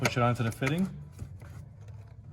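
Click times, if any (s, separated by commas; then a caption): none. Someone talks while the quick-connect collar on the UPR Clean Side Separator catch can hose is pulled up and pushed onto the engine PCV fitting of an EcoBoost Explorer ST, followed by faint, quiet handling sounds. Nothing has clicked or seated yet; the collar is still being worked onto the fitting when the clip ends.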